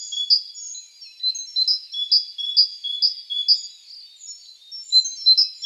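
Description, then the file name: Great tit repeating a clear high-low note pair in a steady rhythm, roughly two pairs each second, over faint thin twittering. "Parus major"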